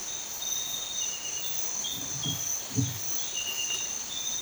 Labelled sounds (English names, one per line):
none